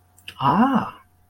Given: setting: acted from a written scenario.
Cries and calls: vocal sound without words; interest

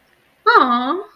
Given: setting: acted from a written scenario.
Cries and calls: vocal sound without words; adoration

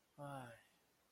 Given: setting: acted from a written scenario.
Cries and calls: vocal sound without words; guilt

